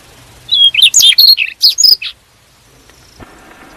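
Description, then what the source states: Bird song as one rapid burst of high chirps and whistles lasting about a second and a half, then near silence. Ringtone of a bird described as having a melodious voice.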